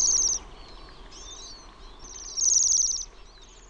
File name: TILHI